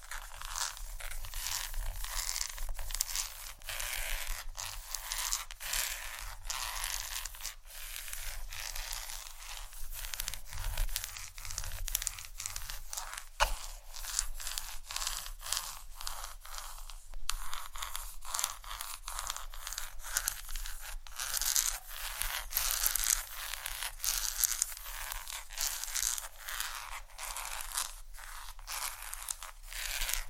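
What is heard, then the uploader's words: Dense, bright tapping and scratching on chocolate continues throughout, with rapid crisp ticks and crinkly rustles over a steady low hum. ASMR Tap & Scratch On Chocolate （No Talking）.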